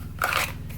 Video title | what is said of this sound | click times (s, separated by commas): Alien Gear Cloak Tuck 3.0 Holster for Springfield XDS & Ruger LCP | and it locks into place um mine is pretty tight as you see | 0.2 s, 0.4 s